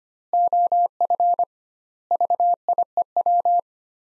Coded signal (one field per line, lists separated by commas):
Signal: Morse code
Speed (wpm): 25 wpm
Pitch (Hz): 700 Hz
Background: none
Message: OF VIEW